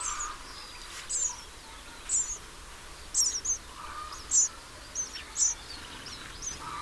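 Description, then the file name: House sparrow chirps, loud single or paired notes roughly every second, separated by short gaps, over a soft background hiss. "Passer domesticus"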